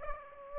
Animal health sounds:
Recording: mosquito wingbeat signal from an infrared sensor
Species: Aedes aegypti

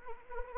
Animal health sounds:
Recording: mosquito wingbeat signal from an infrared sensor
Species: Anopheles arabiensis

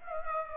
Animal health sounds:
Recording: mosquito wingbeat signal from an infrared sensor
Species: Aedes aegypti

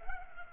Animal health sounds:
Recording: mosquito wingbeat signal from an infrared sensor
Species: Culex pipiens

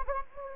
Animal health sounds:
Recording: mosquito wingbeat signal from an infrared sensor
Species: Anopheles gambiae

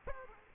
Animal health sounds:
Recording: mosquito wingbeat signal from an infrared sensor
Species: Aedes aegypti

